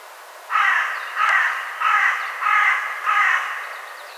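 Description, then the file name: Carrion crow giving five harsh, hoarse caws, one roughly every two-thirds of a second, each short and even in loudness. "Corvus corone"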